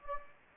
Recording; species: mosquito wingbeat signal from an infrared sensor; Anopheles gambiae